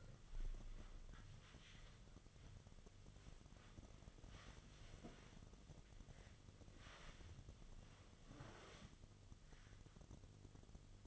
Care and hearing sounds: daily activity, microphone in the room; wipe stove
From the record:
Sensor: 4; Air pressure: 1005.6 hPa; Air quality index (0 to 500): 108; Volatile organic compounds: 3 ppm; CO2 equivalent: 1346 ppm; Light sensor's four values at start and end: 12/27/10/10 and 12/27/11/10

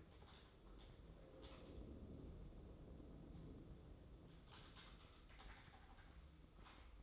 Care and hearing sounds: daily activity, microphone in the room; typing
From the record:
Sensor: 3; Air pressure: 995.3 hPa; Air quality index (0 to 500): 78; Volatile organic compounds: 6 ppm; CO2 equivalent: 1845 ppm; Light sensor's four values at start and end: 18/55/23/20 and 18/55/23/20

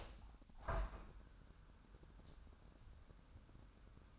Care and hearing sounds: daily activity, microphone in the room; open window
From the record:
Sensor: 2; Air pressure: 997.8 hPa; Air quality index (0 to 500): 132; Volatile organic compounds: 3 ppm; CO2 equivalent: 1488 ppm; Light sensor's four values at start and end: 11/32/13/12 and 11/32/13/12

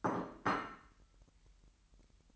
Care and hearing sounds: daily activity, microphone in the room; place plate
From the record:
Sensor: 3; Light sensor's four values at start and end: 12/36/16/13 and 12/36/16/13

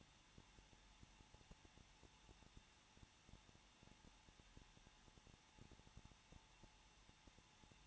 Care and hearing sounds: daily activity, microphone in the room; no activity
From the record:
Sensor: 1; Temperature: 20.1 degrees Celsius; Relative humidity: 39.4%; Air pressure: 1006.4 hPa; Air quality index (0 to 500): 219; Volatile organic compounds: 82 ppm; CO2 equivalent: 3624 ppm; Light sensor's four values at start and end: 1/2/1/1 and 1/2/1/1

